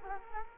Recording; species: mosquito wingbeat signal from an infrared sensor; Culex quinquefasciatus